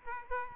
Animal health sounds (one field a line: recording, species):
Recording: mosquito wingbeat signal from an infrared sensor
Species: Aedes aegypti